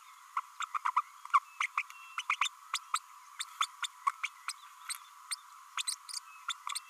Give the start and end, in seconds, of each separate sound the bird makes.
0.36-0.40, 0.60-0.65, 0.74-0.78, 0.85-0.91, 0.96-1.01, 1.60-1.66, 1.77-1.82, 2.18-2.21, 2.29-2.36, 2.41-2.48, 2.73-2.78, 2.93-2.98, 3.39-3.44, 3.60-3.66, 3.82-3.86, 4.23-4.27, 4.48-4.52, 5.31-5.35, 5.77-5.82, 5.87-5.95, 6.09-6.19, 6.48-6.53